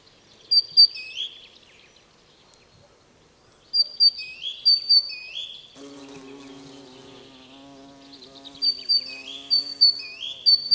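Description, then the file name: Great tit giving repeated two-part whistled phrases, high then sliding down, in three short bursts a few seconds apart, with a steady low hum from midway on. "Parus major"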